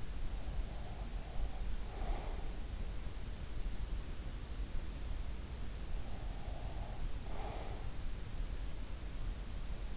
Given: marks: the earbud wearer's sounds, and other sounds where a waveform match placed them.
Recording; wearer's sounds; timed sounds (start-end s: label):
sounds in sleep by an in-ear microphone; breath
0.00-2.80 s: breath
5.36-8.33 s: breath